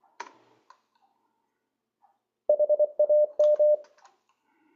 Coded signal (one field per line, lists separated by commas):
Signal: Morse code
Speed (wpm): 24 wpm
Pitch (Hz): 600 Hz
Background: none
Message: HAM